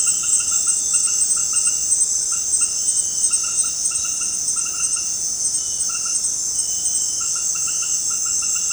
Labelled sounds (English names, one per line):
none